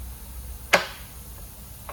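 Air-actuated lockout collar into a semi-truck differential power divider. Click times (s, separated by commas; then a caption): 0.7 s. A Spicer DS 404 semi-truck differential with a 3.55 ratio is being rebuilt, and shop air fed through a brass fitting drives the air-actuated lockout collar into the power divider. A sharp click sounds at 0.7 s as the shift collar engages, followed by a faint tap near the end. The lockout is seated, locking the ring gear and power divider together as one solid piece.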